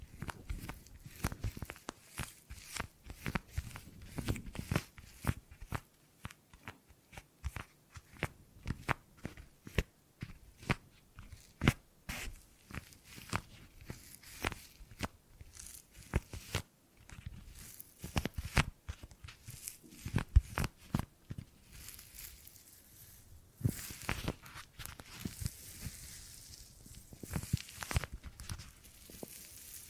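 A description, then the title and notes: Dry gripping and grabbing sounds fill the recording: dense clusters of sharp crinkly clicks and rustles, several per second, with brief pauses. The texture is crisp and bright, growing busier and hissier in the final seconds. ASMR Brain Tingly Gripping and Grabbing Sounds for Sleep (No Talking).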